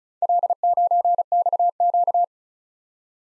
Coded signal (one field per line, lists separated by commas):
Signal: Morse code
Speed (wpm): 39 wpm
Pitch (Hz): 700 Hz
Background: none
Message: L9XQ